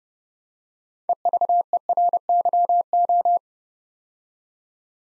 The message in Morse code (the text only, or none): EVERYO